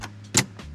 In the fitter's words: It'll click into place.